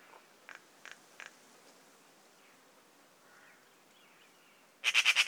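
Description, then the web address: Eurasian magpie giving a harsh chatter: three short dry notes early, a quiet pause, then a loud rapid rattling burst of about five notes at the end. "szarka hangja. szarka madar"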